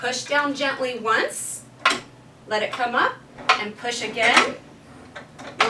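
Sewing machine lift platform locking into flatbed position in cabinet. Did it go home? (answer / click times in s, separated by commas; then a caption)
yes / 5.6 s. Someone talks while a Horn of America 1920 Model airlift sewing-machine lift platform in its cabinet is pushed down gently once, allowed to rise, then pushed again. A sharp knock is heard near 1.9 s, and the lift mechanism clicks at 5.6 s. The platform latches and locks into the flatbed position, flush with the cabinet surface.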